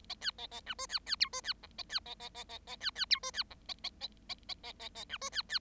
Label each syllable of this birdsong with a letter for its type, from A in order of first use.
A B A A C D B B E D B F A B A A A A A B B E D B F A A A A A A A A C D B B